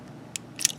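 Small plastic parts are fitted onto a transforming robot toy figure, with sharp, bright plastic clicks at 0.4 s and 0.7 s, the second louder and followed by a fainter tick. The parts click on and are seated.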